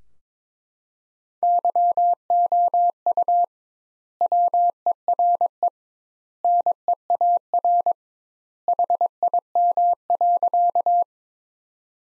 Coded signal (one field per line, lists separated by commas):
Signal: Morse code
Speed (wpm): 21 wpm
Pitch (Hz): 700 Hz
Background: none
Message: YOU WERE NEAR HIM.